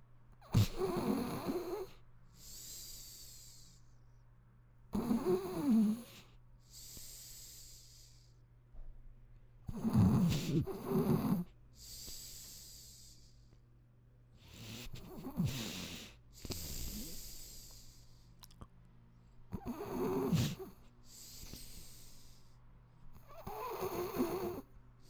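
Five breathing cycles in 25 seconds, about 12 breaths a minute. Each breath in carries a low, rough, rattling snore, and each breath out is a soft hiss. This is a typical pattern of snoring from vibration of the upper airway during sleep.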